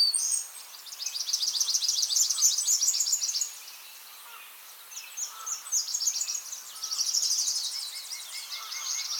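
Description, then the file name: Black-throated green warbler song, a high buzzy series of rapid pulsed notes lasting a few seconds, then repeated after a pause. "Setophaga virens - Black-throated Green Warbler"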